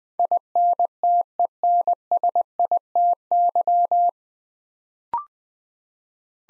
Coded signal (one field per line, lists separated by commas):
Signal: Morse code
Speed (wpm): 20 wpm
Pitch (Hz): 700 Hz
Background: none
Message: INTENSITY